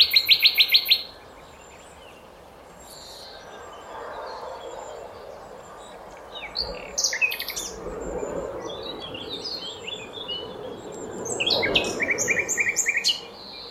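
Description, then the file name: Common nightingale singing: a rapid rattling burst of repeated notes opens, followed by scattered sharp chirps and further quick trilled phrases, over a steady low rushing background. "Luscinia megarhynchos"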